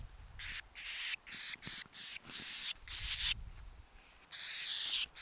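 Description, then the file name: Eurasian blue tit scolding with rough, buzzy churrs in uneven bursts separated by brief pauses, one growing louder and harsher midway. "Cyanistes caeruleus"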